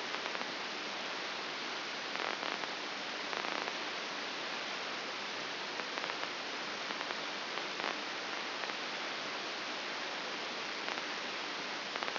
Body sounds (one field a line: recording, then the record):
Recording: brain microelectrode recording played as sound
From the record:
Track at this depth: outside the subthalamic nucleus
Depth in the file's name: 8.504 mm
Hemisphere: left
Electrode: 2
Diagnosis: Parkinson's disease